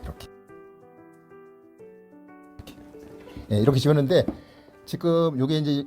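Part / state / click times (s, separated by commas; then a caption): pine tongue into wooden window frame joint / not seated / none. A pine tongue is pushed by hand into a joint in a wooden lattice window frame, with music playing and someone talking. Only soft insertion sounds are heard, with brief knocks at about 0.2 and 2.7 seconds. The tongue does not fit well in the joint and nothing has seated or clicked yet.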